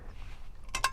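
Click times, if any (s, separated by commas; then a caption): 0.8 s. A metal frame-fold latch on a Qlife Hunter folding electric bike is undone, releasing the folding frame. Two short, bright metallic clinks ring out at 0.8 s and 0.8 s over low background noise, and the latch opens.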